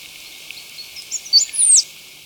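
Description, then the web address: Stripe-headed brush-finch song: a brief run of faint high notes building to two loud, thin slurs, the last sweeping down steeply, over steady background hiss. Ecuador. "Natures Songs S America Birds of Ecuador - Stripe-Headed Brush-Finch"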